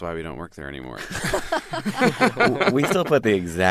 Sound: laughter

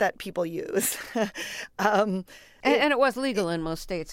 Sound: laughter

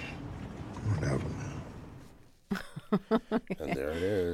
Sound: laughter

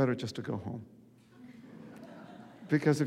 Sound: soundbite of laughter

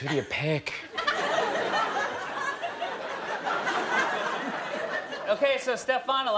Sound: laughter

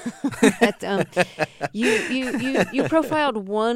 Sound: soundbite of laughter

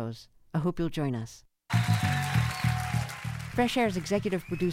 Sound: applause

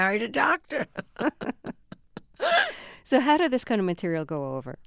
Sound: soundbite of laughter

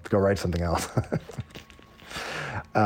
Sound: laughter

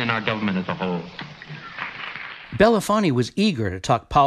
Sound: applause

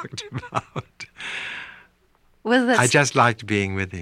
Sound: laughter

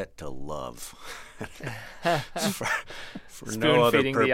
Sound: laughter

